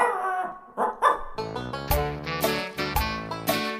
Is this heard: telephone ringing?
no